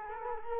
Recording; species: mosquito wingbeat signal from an infrared sensor; Culex quinquefasciatus